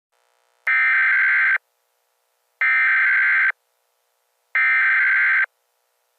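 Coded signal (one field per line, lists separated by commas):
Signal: Emergency Alert System (SAME) tones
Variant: header bursts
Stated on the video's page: Made-up, not real EAS scenario about a gangster attack.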